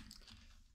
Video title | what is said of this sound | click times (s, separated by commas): Telepakolták funkciókkal! - Mould King 17058 mobildaru bemutató | It clicks right into place. Like that. | 0.1 s